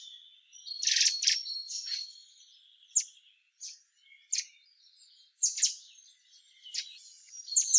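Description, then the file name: Common blackbird giving separate sharp, high chips and short squeaky bursts spaced a second or so apart, with faint thin tones between them. "Turdus merula"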